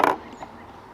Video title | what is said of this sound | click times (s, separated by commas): ICECO - The Best Portable Fridge For Overlanding | they snap into place that's super nice to have as well | 0.0 s